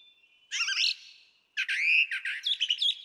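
Brown Thrasher giving two loud, harsh phrases: a short raspy burst, then a longer chattering, warbled run.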